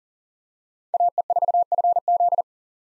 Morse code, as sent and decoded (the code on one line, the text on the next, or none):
.- . ....- ..-. --..
AE4FZ